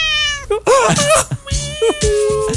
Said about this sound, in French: J'aime le son du chat. Il est tellement sympathique. Quelle couleur qu'il est, on le voit pas à la radio. Ben, je pense qu'il est roux avec des accents de blanc.